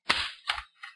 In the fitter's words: we go around the screen and snap it off.